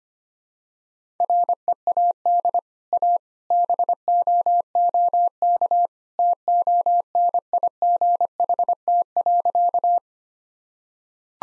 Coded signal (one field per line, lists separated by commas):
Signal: Morse code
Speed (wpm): 25 wpm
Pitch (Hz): 700 Hz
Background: none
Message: READ A BOOK TONIGHT.